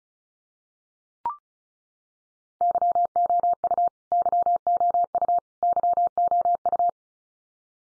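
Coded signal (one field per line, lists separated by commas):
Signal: Morse code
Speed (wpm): 34 wpm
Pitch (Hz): 700 Hz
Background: none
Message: YOU YOU YOU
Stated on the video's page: Top 100 English words head-copy drill at 35wpm, each word sent three times, spoken, then sent again.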